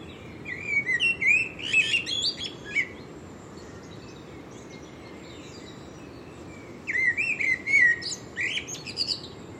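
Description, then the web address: Bird chirps in two quick twittering bursts, high and bright with rising and falling notes, separated by several seconds of quiet with a steady low background hiss. "Deverinetal 2025. Bird Only"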